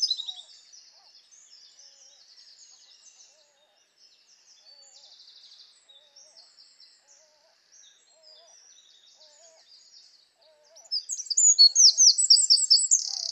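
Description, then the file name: Eurasian wren: soft, high twittering and trills for ten seconds, then a loud, rapid, piercing trilled song bursts in at the end. "Troglodytes troglodytes"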